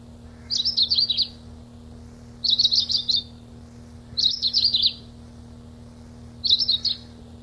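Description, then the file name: Long-tailed rosefinch calling in four short, high twittering phrases of rapid warbled notes, one about every two seconds, over a quiet low hum. 26 April 1992. "26 04 92 Uragus"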